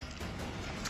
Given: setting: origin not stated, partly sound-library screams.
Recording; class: one-second piece from a danger detection set; woman in danger